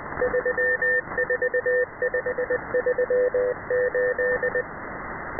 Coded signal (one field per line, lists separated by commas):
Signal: Morse code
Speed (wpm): 20 wpm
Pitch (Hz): 500 Hz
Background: radio noise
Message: 34538